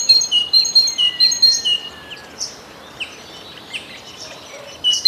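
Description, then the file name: Great tit song: a short run of quick two-note phrases at the start, followed by scattered chirps. "Bogatka"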